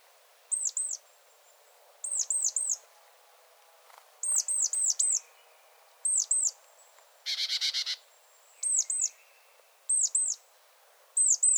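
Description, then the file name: Great tit calling in repeated bursts of two to four high, clipped arching notes. One harsh, buzzy rattle sounds midway through, over quiet background noise. "Parus major"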